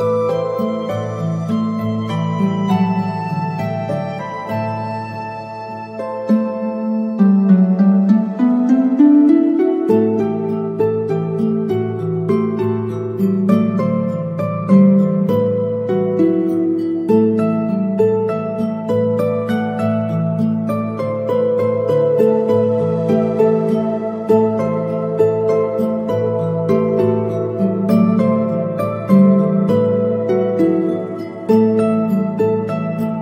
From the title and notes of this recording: Relaxing Fantasy loop with fairy dust sounds.